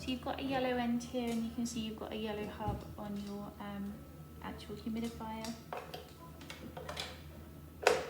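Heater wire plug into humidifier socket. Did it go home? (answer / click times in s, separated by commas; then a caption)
yes / 7.9 s. Someone talks while the yellow end of a V500 humidifier heater cable is pushed into the yellow hub on the humidifier. A sharp click at 7.9 s shows the heater wire connector has seated.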